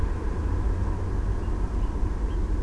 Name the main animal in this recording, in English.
Tawny Owl